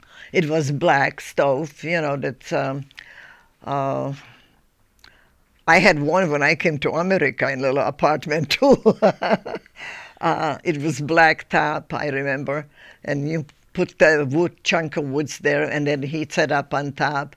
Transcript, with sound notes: It was black stove, you know, that, I had one when I came to America in a little apartment, too. (she laughs) It was black top, I remember, and you put the wood, chunk of wood there and that heats it up on top.